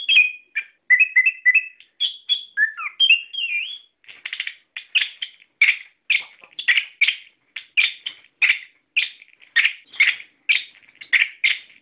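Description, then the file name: Songbird song opening with whistled, slurred notes, then a long series of sharp chips. Masteran, song-training audio used for cage birds. "masteran omkicau"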